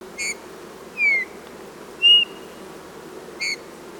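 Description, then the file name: Eurasian bullfinch calls: plaintive whistled notes, one sliding downward and one held level, with short harmonic buzzy notes at the start and end. "Pyrrhula pyrrhula"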